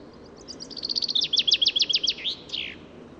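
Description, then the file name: Common chaffinch song: rapid high notes building into a louder rattling series, ending in a flourish. "Fringilla coelebs"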